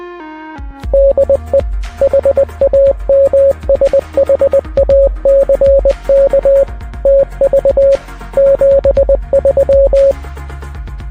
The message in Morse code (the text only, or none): DE HAMSHACK TV 73